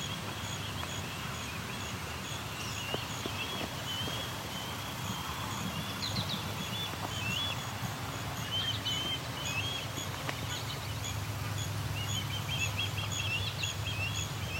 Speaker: This osprey is non-stop calling. This might be a young one.